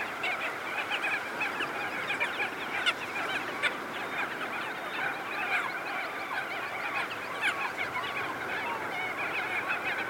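Crested auklets calling together, a thick blend of honking and wavering nasal notes from many birds without pause.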